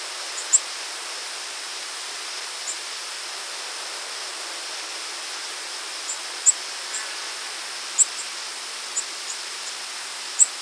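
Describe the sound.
Nashville warbler giving sharp, very high, clipped call notes at irregular intervals of one to several seconds over a steady hiss.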